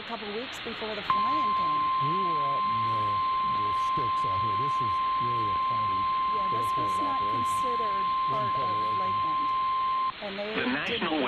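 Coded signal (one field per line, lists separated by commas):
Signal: Emergency Alert System (SAME) tones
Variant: 1050 Hz attention tone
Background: speech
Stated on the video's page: Severe thunderstorm warning received on a digital television subchannel.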